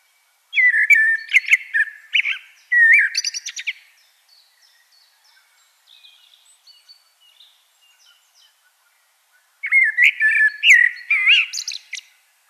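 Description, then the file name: Common blackbird song: two quick warbled phrases close together with scratchy high endings, then faint soft twitters before another phrase several seconds later. "Turdus merula"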